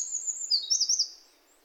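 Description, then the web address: Bird song, a brief burst of very high, squeaky slurred notes and a short trill that fades away after about a second. "yacho koe"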